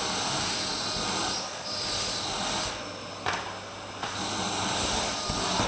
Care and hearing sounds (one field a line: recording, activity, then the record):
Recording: daily activity, microphone in the room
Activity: vacuum cleaning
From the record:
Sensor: 2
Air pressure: 995.1 hPa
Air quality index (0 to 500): 50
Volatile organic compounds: 1 ppm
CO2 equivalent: 782 ppm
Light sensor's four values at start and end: 16/52/20/20 and 16/52/20/19